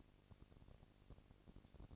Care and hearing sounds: daily activity, microphone in the room; no activity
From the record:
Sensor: 4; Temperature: 22.5 degrees Celsius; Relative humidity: 33.3%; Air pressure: 999.7 hPa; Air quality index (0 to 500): 231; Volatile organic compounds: 21 ppm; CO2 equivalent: 2710 ppm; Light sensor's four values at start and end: 2/3/1/1 and 2/3/1/1

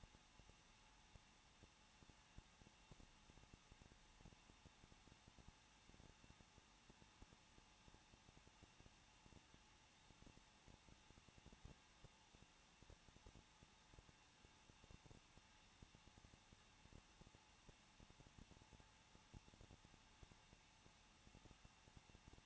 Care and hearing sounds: daily activity, microphone in the room; no activity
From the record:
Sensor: 1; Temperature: 20.1 degrees Celsius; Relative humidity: 39.1%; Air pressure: 1006.3 hPa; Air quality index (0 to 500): 217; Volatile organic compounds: 75 ppm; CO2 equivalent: 3560 ppm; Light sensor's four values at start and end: 1/2/1/1 and 1/2/1/1

